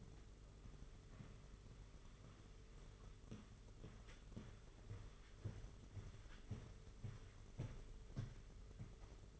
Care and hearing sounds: daily activity, microphone in the room; walk to room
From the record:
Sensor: 4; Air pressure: 991.9 hPa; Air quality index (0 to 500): 83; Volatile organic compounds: 6 ppm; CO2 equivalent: 1884 ppm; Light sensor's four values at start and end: 21/75/27/29 and 21/74/27/29

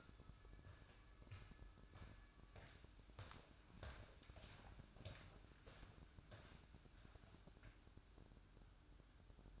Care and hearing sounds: daily activity, microphone in the room; walk to room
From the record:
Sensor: 2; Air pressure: 1008.0 hPa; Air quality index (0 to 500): 117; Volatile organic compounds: 1 ppm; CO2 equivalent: 873 ppm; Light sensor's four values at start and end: 9/21/8/9 and 9/21/8/9

